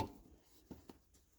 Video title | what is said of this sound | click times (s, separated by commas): CEHRY TİGGO 7 KARTER MUHAFAZA NASIL TAKILIR? SOL TEKER İÇ MUHAFAZA NASIL TAKILIR? #reklam #chery | Tık diye oturdu zaten. | 0.9 s